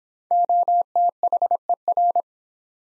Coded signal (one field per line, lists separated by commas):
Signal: Morse code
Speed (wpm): 31 wpm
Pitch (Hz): 700 Hz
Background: none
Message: OTHER